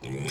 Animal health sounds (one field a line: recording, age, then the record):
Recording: pig call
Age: weaner (32 to 43 days)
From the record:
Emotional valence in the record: negative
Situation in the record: short isolation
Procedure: open field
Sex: female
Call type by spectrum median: low-frequency call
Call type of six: mixed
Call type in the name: high-frequency modulated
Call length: 0.32 s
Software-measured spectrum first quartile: 233 Hz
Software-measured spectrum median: 988 Hz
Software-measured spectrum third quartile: 4033 Hz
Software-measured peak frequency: 143 Hz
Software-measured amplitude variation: 116 dB a second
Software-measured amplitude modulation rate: 17.4 a second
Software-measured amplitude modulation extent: 6.6 dB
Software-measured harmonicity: 2.5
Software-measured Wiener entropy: -3.08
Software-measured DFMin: 1029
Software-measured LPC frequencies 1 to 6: 326, 2324, 3370, 4049, 5150, 6026 Hz